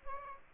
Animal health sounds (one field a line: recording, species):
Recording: mosquito wingbeat signal from an infrared sensor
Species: Aedes aegypti